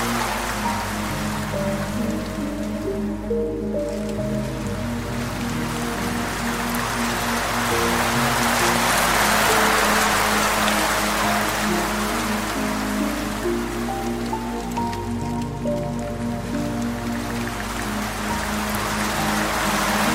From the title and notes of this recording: Relaxing Piano Music and Water Stream for Deep Sleep and Meditation. The rising and falling sounds of a cascading waterfall.